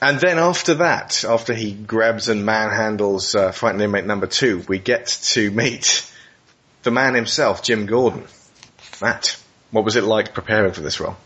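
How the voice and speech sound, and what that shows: A man speaks fluently in a small room, with natural pauses and clear ordinary voicing.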